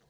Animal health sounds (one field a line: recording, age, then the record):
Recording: pig call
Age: piglet (1 to 25 days)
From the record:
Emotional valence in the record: positive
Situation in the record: reunion after long isolation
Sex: male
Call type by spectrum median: low-frequency call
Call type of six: low-frequency stable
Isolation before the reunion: 8 minutes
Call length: 0.10 s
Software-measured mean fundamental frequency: 46 Hz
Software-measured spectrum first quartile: 297 Hz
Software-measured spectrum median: 933 Hz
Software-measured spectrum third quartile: 3757 Hz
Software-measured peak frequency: 147 Hz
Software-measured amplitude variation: 54 dB a second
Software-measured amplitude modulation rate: 10.1 a second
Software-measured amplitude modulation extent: 5.3 dB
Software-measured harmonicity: -1.9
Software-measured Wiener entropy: -1.87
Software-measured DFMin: 1207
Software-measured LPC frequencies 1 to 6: 547, 1649, 3113, 3904, 4458, 6112 Hz